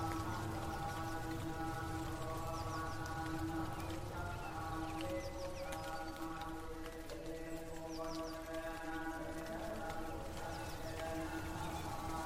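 Thai Buddhist monks chant in a steady, sustained drone of layered voices, with soft knocks and small bright sounds scattered throughout.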